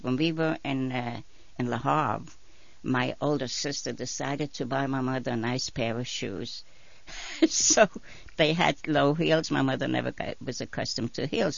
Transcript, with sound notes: When we were in La Havre, my older sister decided to buy my mother a nice pair of shoes. ( she laughs ) So, they had low heels. My mother was never accustomed to heels.